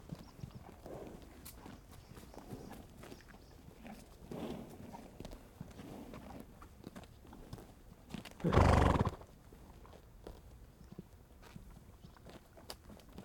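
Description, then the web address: Horse giving one loud, breathy snort lasting about a second, about two-thirds of the way through, amid quiet pasture ambience with soft scattered clicks and shuffling. Horse snorting in a rural countryside farm ranch pasture. "Systematic Sound - General Ambience Series - Rural Countryside 01 AMBFarm Ranch Horse Pasture Snorting Chewing Trotting"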